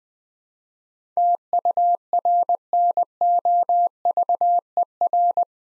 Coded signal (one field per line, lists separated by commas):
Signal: Morse code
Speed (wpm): 20 wpm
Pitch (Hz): 700 Hz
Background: none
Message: TURNOVER